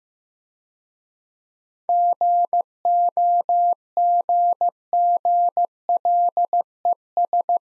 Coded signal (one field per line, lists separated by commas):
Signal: Morse code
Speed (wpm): 17 wpm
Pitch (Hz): 700 Hz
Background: none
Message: GOGGLES